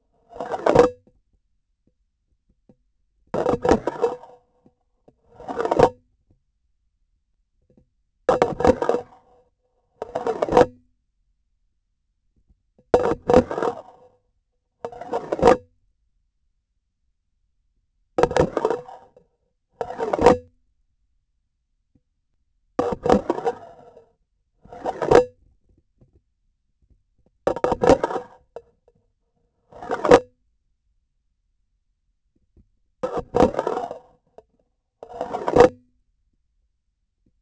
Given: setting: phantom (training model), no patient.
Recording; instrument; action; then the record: laparoscopic instrument, vibration sensor on the handle end; grasping forceps; insertion and removal through the trocar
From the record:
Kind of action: spatial motion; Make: Olympus